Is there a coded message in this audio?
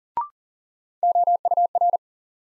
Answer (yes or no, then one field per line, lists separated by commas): yes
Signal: Morse code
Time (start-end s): 1.0-2.0 s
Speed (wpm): 40 wpm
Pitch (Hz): 700 Hz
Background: none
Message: OUR